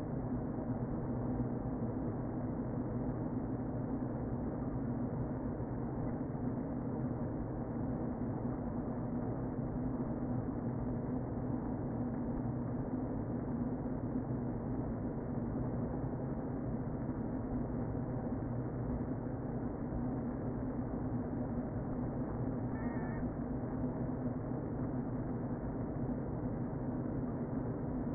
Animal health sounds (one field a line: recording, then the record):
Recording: honeybee colony, microphone inside the hive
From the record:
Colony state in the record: queen present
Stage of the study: before two queens were removed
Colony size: about 60,000 bees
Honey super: yes